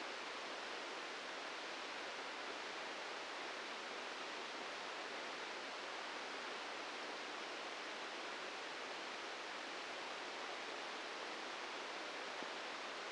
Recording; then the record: brain microelectrode recording played as sound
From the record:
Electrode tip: inside the subthalamic nucleus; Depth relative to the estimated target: -1 mm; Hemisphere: right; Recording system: NeuroSet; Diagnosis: Parkinson's disease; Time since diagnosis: 8 years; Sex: male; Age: 59 years